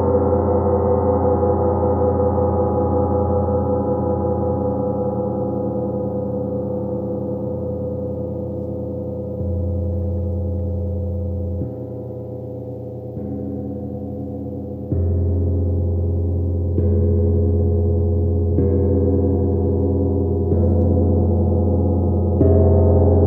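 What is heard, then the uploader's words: A gong rings in a long, sustained wash of deep, humming tones that stay mostly below the middle range. The sound drifts and swells gently, with fresh strikes near 9, 12, 15, 17, 19 and 23 seconds adding a brighter shimmer over the low rumble. 30 mins Gong meditation.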